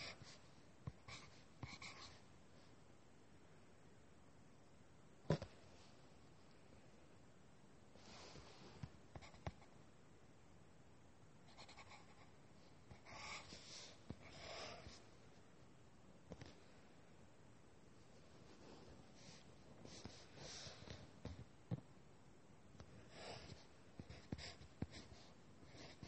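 Pencil or pen strokes scratch across paper in short, irregular bursts, some brief and others drawn out over a second or two. The activity thickens around the middle and near the end. A sharp tap lands at about five seconds, with quiet pauses between strokes.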